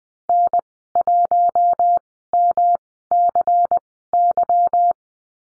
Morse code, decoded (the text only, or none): N1MCY